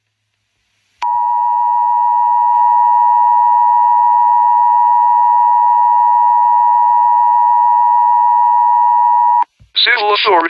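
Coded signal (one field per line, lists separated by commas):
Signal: Emergency Alert System (SAME) tones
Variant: 853 and 960 Hz attention tone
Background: speech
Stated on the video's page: Fictional comedy EAS alert, a Christmas parody rather than a real activation.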